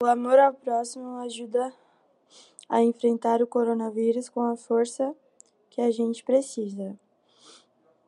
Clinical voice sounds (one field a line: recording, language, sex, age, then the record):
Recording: spoken sentence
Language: Brazilian Portuguese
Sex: female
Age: 20 to 29 years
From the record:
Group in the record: control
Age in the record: 22 years